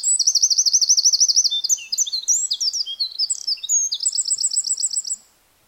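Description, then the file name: Eurasian wren song: a fast, piercing trill followed by jumbled high chattering notes and a closing rapid trill, all delivered in one long energetic burst. "Troglodytes troglodytes"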